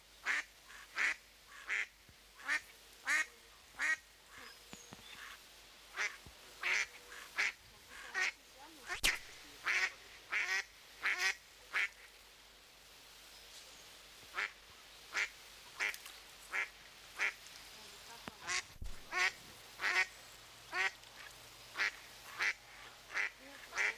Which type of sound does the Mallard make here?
call